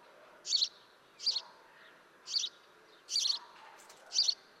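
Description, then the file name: House sparrow giving five loud chirps in a loose series over steady background noise. "Passer domesticus"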